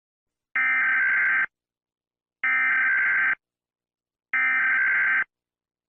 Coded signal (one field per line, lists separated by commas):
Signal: Emergency Alert System (SAME) tones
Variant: header bursts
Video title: Piura EAS Alarm (Departament in Peru)